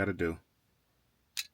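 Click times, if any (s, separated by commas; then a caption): 1.4 s. Someone talks briefly, then after a pause a new crystal start/stop button insert for a BMW F3x is pressed into its plastic button housing. It pops into place with a single sharp click at 1.4 s, and the insert is seated.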